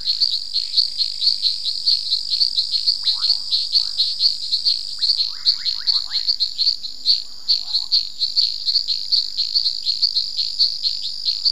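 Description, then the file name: Long-nosed reed frog chorus of rapid, high, insect-like clicking chirps, with a few short, lower squeaky calls at times. "Hyperolius nasutus"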